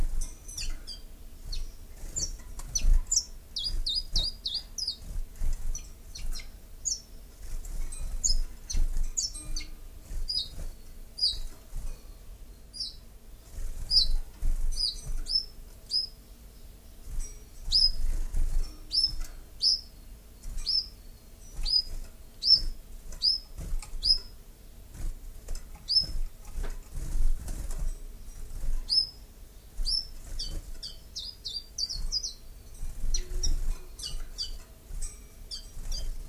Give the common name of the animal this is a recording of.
Common Chiffchaff